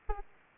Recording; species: mosquito wingbeat signal from an infrared sensor; Aedes albopictus